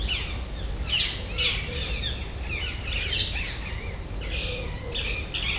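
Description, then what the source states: Rose-ringed parakeets trade shrill, rasping squawks and squeaky chatter in uneven bursts, with brief quieter gaps between outbursts. Ring-necked parakeets squabbling in late afternoon, Jardin d'agronomie tropicale, Paris, France; MCE 530 microphone, USB dual preamp, H2.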